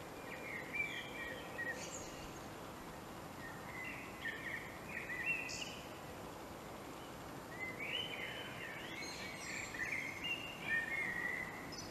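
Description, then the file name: Common blackbird song, low fluted warbling phrases each ending in a thin high twitter, about three phrases throughout over steady hiss. "Turdus merula"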